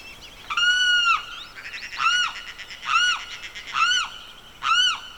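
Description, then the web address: Bird calling with loud, harmonic, arched notes, five in a row at uneven intervals of about one second, over a faint background of other birds. Evening birdsong in the Pantanal swamp, rural South America. "The BBC Sound Effects Library - Complete 60 CDs Collection Sound Effects Library- (Rural South America) Evening Birdsong, Pantanal Swamp"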